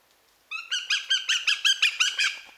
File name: Eurasian goshawk